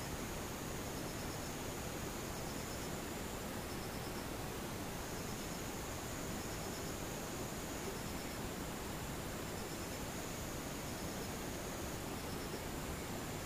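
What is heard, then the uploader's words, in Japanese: A quiet outdoor stillness with a steady, even hiss filling the background. A faint insect chirps far off in short bursts about every second or so, with a thin high whine lingering behind it throughout. 無音遠くにたまにムシ。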